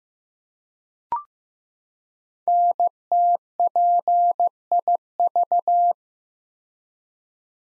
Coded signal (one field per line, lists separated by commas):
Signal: Morse code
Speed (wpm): 15 wpm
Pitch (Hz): 700 Hz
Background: none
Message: NTPIV